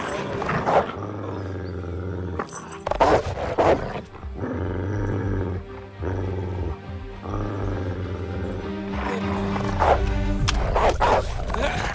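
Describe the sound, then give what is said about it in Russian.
Dogs at a summer villa bark loudly in repeated harsh bursts as they catch people, with snarling and growling between them and a constant rumbling background underneath. The barking clusters near the start and again toward the end. “Там их поймали собаки.”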